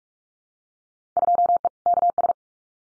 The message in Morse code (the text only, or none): 2E KS